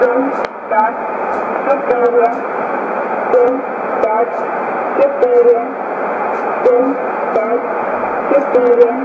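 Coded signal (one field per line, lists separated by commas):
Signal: numbers station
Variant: S06s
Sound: short spoken words at even intervals over a narrowband radio channel with hiss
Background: radio static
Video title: 03 03 2015 Numbers station S06s 1100 on 6190 USB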